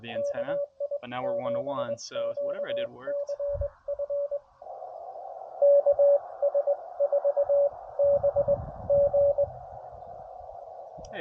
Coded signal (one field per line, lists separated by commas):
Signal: Morse code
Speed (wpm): 22 wpm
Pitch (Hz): 570 Hz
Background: speech, radio noise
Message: KI7QCF KS4BG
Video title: Back where it all started | CW POTA US-11191